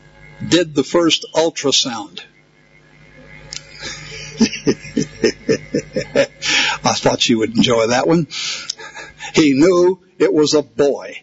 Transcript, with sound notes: did the first ultrasound. (Laughter) I thought you would enjoy that one! He knew it was a boy.